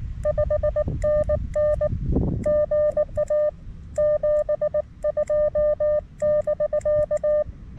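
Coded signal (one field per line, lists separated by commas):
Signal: Morse code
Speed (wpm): 19 wpm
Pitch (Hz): 1200 Hz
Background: none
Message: 5NN GA 72<BK>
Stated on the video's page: QRP CW contacts on a homemade base-loaded shortened vertical antenna, in conditions poor for compromised antennas.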